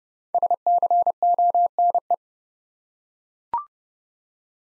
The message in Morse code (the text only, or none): SCONE